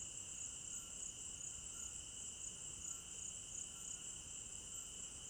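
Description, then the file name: Cricket chorus: continuous high-pitched trilling on two steady pitches that does not pause throughout. At night in an African village garden; stereo binaural recording. "African-Village Garden Night Crickets 01 Stereo-Binaural"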